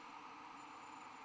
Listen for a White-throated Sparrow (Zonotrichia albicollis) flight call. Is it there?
no